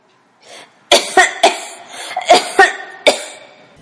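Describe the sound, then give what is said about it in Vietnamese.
A harsh coughing fit from the character La Da Pla, coughing up blood from the lungs: six sharp, raspy coughs in quick, uneven succession after a faint breath, loud and alone with no talking. “Một cơn ho nữa lại cắt đứt lời của La Da Pla.”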